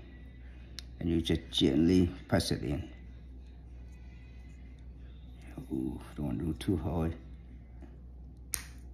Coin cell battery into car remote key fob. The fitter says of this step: there you go you can hear the click sound right yeah